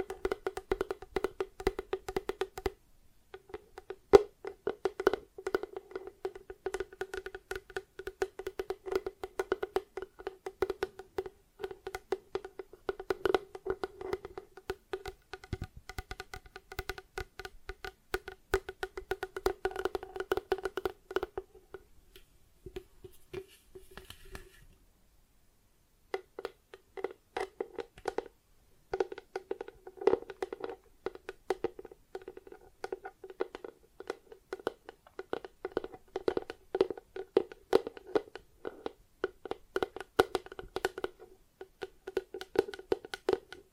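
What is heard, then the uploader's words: Plastic objects are tapped and scratched, a dense run of quick, dry clicks and scrapes with a steady mid-pitched hollow tone underneath. The activity pauses briefly around 3 and 22 seconds, stops near 25 seconds, then resumes. ASMR Plastic Objects Tapping and Scratching (No Talking).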